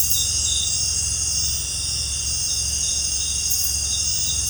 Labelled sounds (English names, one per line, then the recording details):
none
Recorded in pastures near Puerto Asís, Putumayo, Colombia, on 20 December 2024 at 18:30
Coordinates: 0.466, -76.322
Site G040